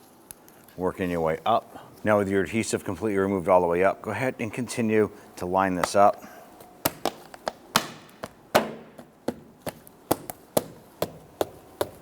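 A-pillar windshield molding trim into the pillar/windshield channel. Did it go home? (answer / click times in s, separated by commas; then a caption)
yes / 6.9 s, 7.8 s, 8.6 s, 10.1 s, 10.6 s, 11.4 s. Someone talks for the first six seconds while a new plastic A-pillar windshield molding trim for a 2011–2019 Ford Explorer is lined up along the pillar and windshield channel, with the old adhesive fully removed. The molding is then pressed in, and its retaining clips snap into place with sharp clicks at 6.9, 7.8, 8.6, 10.1, 10.6 and 11.4 seconds, leaving it seated.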